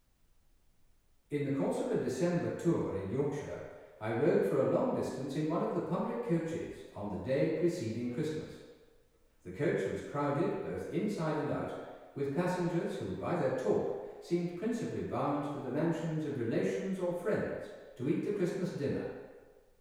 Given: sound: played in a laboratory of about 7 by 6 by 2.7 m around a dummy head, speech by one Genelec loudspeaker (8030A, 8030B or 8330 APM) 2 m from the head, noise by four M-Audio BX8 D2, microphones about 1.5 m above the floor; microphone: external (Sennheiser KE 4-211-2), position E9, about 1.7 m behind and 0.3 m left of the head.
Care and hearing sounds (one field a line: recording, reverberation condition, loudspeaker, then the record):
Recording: male speech in English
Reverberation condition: high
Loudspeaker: in front (0 degrees)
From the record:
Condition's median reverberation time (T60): about 1300 ms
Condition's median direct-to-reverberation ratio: about -4.0 dB